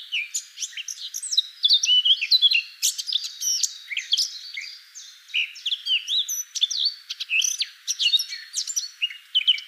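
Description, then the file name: Eurasian blackcap delivering a long, varied warble of twittering notes, sharp chirps and curling whistles, barely pausing across nearly ten seconds. "Sylvia atricapilla"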